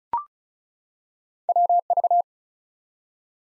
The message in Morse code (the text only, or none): WV